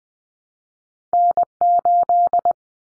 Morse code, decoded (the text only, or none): N8